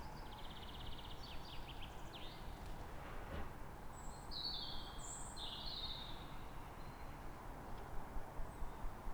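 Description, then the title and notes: Bird song, a buzzy trill with descending notes, then bright high whistled phrases, over a constant low hum of traffic. Calm morning, 3 May, Fresnes, Ile de France; background ring-road traffic. "Matin calme avec oiseaux. Fresnes, Ile de France. Mathias Arrignon"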